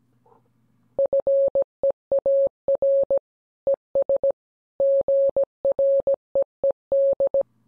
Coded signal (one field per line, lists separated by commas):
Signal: Morse code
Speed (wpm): 17 wpm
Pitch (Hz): 550 Hz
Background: none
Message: FEAR ES GREED